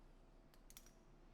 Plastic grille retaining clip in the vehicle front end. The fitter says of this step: so we're just going to pop it up to where it's not seated in there anymore